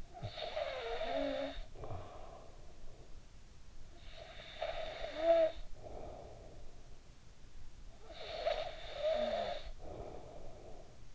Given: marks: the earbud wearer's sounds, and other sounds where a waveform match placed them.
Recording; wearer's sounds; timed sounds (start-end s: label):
sounds in sleep by an in-ear microphone; snoring breath
0.00-3.17 s: snoring breath
3.54-7.02 s: snoring breath
7.34-11.14 s: snoring breath